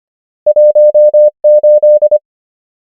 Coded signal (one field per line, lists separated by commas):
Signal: Morse code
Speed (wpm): 25 wpm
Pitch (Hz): 600 Hz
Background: none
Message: 1 8